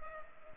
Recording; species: mosquito wingbeat signal from an infrared sensor; Culex pipiens